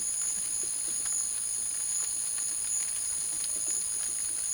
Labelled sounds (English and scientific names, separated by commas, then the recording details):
none
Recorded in secondary vegetation near Puerto Asís, Putumayo, Colombia, on 9 March 2025 at 14:30
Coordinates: 0.489, -76.322
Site G042